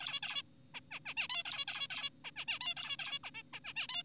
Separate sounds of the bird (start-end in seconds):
0.00-0.20, 0.23-0.43, 0.74-0.80, 0.91-0.99, 1.05-1.14, 1.17-1.28, 1.29-1.43, 1.46-1.65, 1.68-1.88, 1.90-2.10, 2.25-2.31, 2.36-2.45, 2.48-2.59, 2.61-2.74, 2.77-2.97, 2.99-3.19, 3.24-3.30, 3.35-3.43, 3.54-3.60, 3.65-3.73, 3.76-3.87, 3.89-4.03